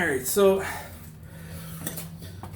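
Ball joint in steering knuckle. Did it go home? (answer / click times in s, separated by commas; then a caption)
no / none. Someone talks while a ball joint on a 2000 Dodge Ram is pressed out of the steering knuckle with a press tool, and the joint moves up. Only faint short ticks are heard near 1.9 and 2.4 seconds, with no dramatic pop, so nothing has popped free yet.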